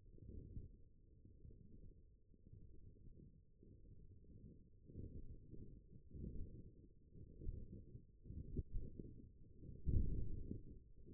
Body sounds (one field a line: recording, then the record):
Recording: forearm muscle sounds (acoustic myography)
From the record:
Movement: forearm supination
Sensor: system 1, eight BSWA MPA416 microphones around the upper forearm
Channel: 3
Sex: male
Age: 21 years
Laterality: right